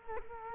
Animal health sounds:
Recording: mosquito wingbeat signal from an infrared sensor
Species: Culex quinquefasciatus

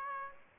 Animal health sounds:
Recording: mosquito wingbeat signal from an infrared sensor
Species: Aedes aegypti

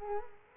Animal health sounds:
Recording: mosquito wingbeat signal from an infrared sensor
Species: Culex quinquefasciatus

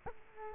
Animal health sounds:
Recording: mosquito wingbeat signal from an infrared sensor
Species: Culex quinquefasciatus

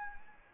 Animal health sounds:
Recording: mosquito wingbeat signal from an infrared sensor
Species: Anopheles gambiae

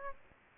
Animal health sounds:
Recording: mosquito wingbeat signal from an infrared sensor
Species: Aedes aegypti

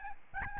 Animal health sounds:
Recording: mosquito wingbeat signal from an infrared sensor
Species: Aedes albopictus

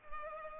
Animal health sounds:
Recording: mosquito wingbeat signal from an infrared sensor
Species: Culex pipiens

